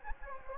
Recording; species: mosquito wingbeat signal from an infrared sensor; Anopheles gambiae